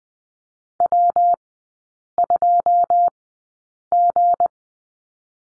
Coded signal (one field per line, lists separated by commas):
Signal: Morse code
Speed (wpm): 20 wpm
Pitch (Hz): 700 Hz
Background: none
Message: W2G